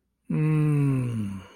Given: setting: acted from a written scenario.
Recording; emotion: vocal sound without words; contentment